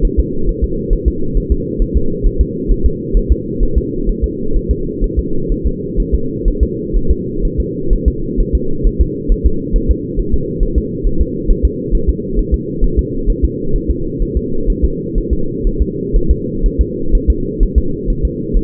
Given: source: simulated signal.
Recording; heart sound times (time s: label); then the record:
fetal heart sounds
0.05 s: S1
0.19 s: S2
0.49 s: S1
0.64 s: S2
0.93 s: S1
1.08 s: S2
1.37 s: S1
1.52 s: S2
1.82 s: S1
1.97 s: S2
2.26 s: S1
2.41 s: S2
2.71 s: S1
2.86 s: S2
3.17 s: S1
3.32 s: S2
3.63 s: S1
3.78 s: S2
4.09 s: S1
4.24 s: S2
4.56 s: S1
4.71 s: S2
5.04 s: S1
5.19 s: S2
5.52 s: S1
5.66 s: S2
6.00 s: S1
6.14 s: S2
6.48 s: S1
6.63 s: S2
6.97 s: S1
7.11 s: S2
7.45 s: S1
7.60 s: S2
7.93 s: S1
8.08 s: S2
8.40 s: S1
8.55 s: S2
8.87 s: S1
9.01 s: S2
9.32 s: S1
9.46 s: S2
9.76 s: S1
9.91 s: S2
10.19 s: S1
10.34 s: S2
10.63 s: S1
10.78 s: S2
11.07 s: S1
11.21 s: S2
11.50 s: S1
11.65 s: S2
11.95 s: S1
12.09 s: S2
12.39 s: S1
12.54 s: S2
12.84 s: S1
12.99 s: S2
13.30 s: S1
13.44 s: S2
13.76 s: S1
13.91 s: S2
14.22 s: S1
14.37 s: S2
14.70 s: S1
14.85 s: S2
15.18 s: S1
15.33 s: S2
15.67 s: S1
15.82 s: S2
16.16 s: S1
16.31 s: S2
16.66 s: S1
16.81 s: S2
17.15 s: S1
17.30 s: S2
17.63 s: S1
17.78 s: S2
18.10 s: S1
18.25 s: S2
18.57 s: S1
From the record:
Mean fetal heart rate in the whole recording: 130 bpm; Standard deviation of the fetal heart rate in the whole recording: 4 bpm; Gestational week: 38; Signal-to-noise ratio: -8.1 dB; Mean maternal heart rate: 72 bpm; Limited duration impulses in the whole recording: absent